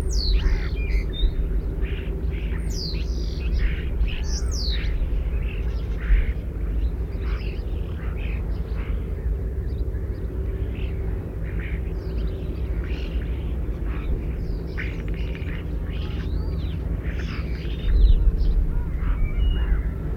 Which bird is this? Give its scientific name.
Sturnus vulgaris